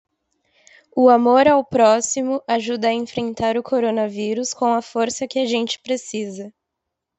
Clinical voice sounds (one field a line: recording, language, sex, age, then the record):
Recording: spoken sentence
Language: Brazilian Portuguese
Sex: female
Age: 20 to 29 years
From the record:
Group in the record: control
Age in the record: 22 years